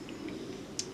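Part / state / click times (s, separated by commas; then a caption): ear cushion ring on a headphone earcup / released / 0.8 s. A worn ear cushion is pulled off the earcup of a Bose QC35 over-ear headphone. After a quiet stretch with a couple of faint ticks, a sharp click at 0.8 s marks the cushion's plastic ring releasing from the cup, and the cushion comes off.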